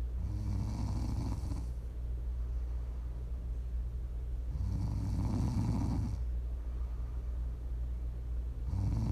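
Rhythmic low rumbling snores from a sleeping adult, about one every four seconds, with quieter breathing between them.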